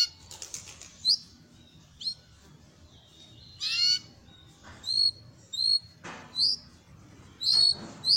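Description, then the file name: Belgian canary uttering clear whistled notes and short sharp chirps, some rising, with a couple of rough raspy bursts, spaced irregularly over a quiet background. Copper-coloured Belgian canary song. "canto do canario belga cobre"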